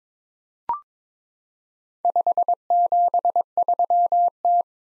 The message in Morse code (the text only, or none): 573T